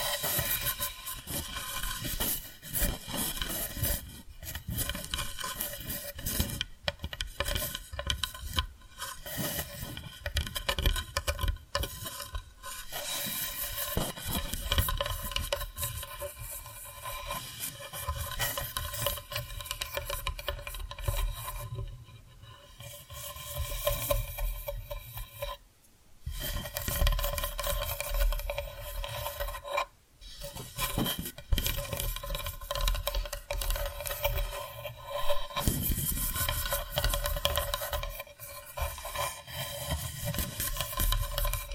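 Tapping and scratching sounds run on with little pause, a dense, rasping rub mixed with quick patters and light taps on what seems like wood. The texture shifts every few seconds, with brief quiet breaks near 26 and 30 seconds before the scratching resumes.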